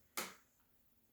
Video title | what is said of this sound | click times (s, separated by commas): 2021 Gear Up: Taking Advantage Of The Biggest Sales | you can lock it so it stays firm | 0.2 s